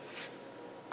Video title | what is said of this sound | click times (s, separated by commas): Armor Sheaths! | really nice positive click in | 0.9 s